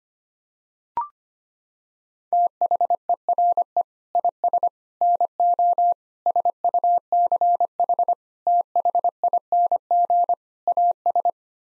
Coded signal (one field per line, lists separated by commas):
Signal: Morse code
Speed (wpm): 25 wpm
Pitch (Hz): 700 Hz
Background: none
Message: THERE IS NO SUCH THING AS